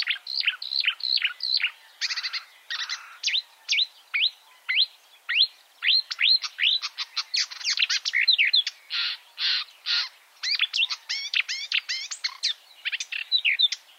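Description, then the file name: Marsh warbler song, a fast unbroken run of varied chirps, sharp downslurred notes, buzzy bursts and trills, constantly changing with no pause. "suara-kicauan-burung-marsh-warbler -omkicau"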